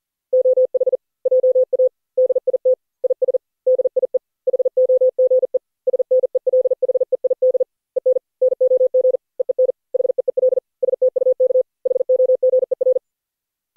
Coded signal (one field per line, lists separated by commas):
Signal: Morse code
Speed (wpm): 40 wpm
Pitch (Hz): 510 Hz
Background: none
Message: OH JA DIT IS DIE HOGE SNELHEID EN NOG EEN HEEL STUK HOGER